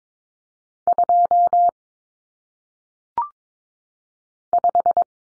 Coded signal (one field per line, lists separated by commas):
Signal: Morse code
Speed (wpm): 22 wpm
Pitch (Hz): 700 Hz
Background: none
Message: 2 5